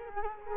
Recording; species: mosquito wingbeat signal from an infrared sensor; Culex quinquefasciatus